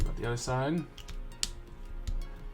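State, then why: Seated. Someone talks, then a plastic cap is snapped onto the other end of a Winsor & Newton dual-ended watercolor marker, giving a sharp click at 1.4 s. The cap seats with a snap, though weaker than the snap on the first end.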